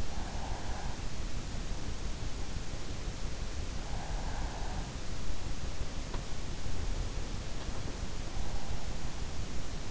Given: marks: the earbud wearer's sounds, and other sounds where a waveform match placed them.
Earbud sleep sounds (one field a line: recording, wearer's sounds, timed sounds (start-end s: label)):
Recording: sounds in sleep by an in-ear microphone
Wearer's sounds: breath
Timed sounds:
0.00-1.31 s: breath
3.65-5.25 s: breath